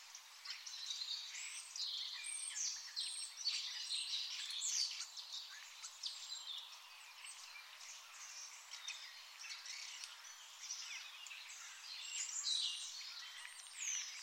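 Birds twittering as a crowded chorus, high chirps and short slurred notes overlapping, louder in bursts.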